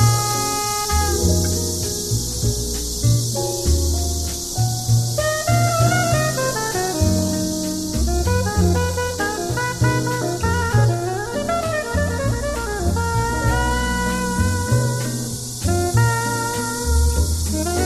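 Cicadas in the trees buzz in a steady, bright, unbroken drone while a relaxed jazz tune plays underneath. The music has a walking low bass line and a wandering melody of short notes, keeping an even, unhurried loudness throughout.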